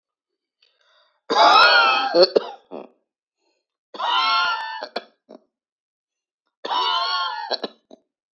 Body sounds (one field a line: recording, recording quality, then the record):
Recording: heavy voluntary cough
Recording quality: excellent, no background noise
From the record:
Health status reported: healthy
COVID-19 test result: not tested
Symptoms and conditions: none ticked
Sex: male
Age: 26 years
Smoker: not ticked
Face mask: not worn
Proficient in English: yes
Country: Canada